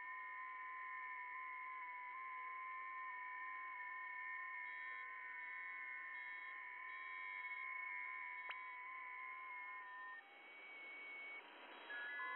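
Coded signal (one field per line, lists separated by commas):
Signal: FT8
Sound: several faint steady whistling tones at once, stopping together, then hiss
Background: radio static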